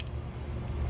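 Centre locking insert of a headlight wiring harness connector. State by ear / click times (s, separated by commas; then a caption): not seated / none. The small centre locking insert of a plastic headlight wiring harness connector, used to wire Evo X headlights to a Lancer harness, is handled after the wire terminals have been pushed into the connector. A brief sharp tick at about 0.1 s sits over a steady low rumble. Nothing has seated or clicked yet; the insert is not yet home.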